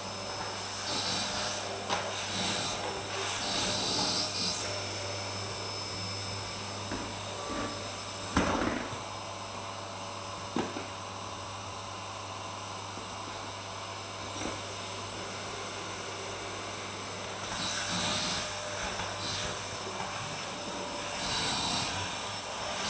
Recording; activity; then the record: daily activity, microphone in the room; vacuum cleaning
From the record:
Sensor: 2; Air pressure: 999.9 hPa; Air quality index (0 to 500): 127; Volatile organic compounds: 2 ppm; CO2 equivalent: 1091 ppm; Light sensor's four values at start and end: 27/68/29/32 and 28/68/30/33